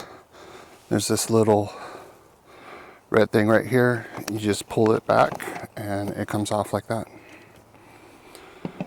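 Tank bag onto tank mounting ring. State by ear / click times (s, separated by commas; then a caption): seated / 8.6 s, 8.8 s. Someone talks while a Givi tank bag is unlatched from its quick-release mounting ring on a BMW G310GS motorcycle tank by pulling back a small red tab. The bag is then pushed back onto the ring, with sharp snaps at 8.7 s and 8.8 s as it latches and seats.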